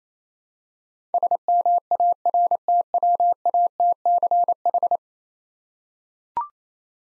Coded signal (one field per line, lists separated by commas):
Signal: Morse code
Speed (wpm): 27 wpm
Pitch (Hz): 700 Hz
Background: none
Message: SMARTWATCH